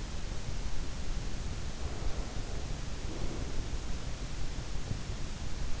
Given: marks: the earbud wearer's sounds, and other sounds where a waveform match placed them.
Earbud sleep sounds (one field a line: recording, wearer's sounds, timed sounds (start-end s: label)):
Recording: sounds in sleep by an in-ear microphone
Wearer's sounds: breath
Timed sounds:
1.78-3.80 s: breath